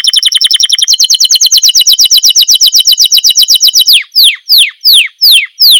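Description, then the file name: Canary song: a fast trill of bright repeated notes, changing to a different repeated phrase, then slower sweeping downslurred whistles at the end. "kanarini"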